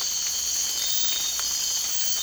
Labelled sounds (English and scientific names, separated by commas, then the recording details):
none
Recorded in dense forest near Puerto Asís, Putumayo, Colombia, on 8 March 2025 at 05:00
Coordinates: 0.484, -76.317
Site G064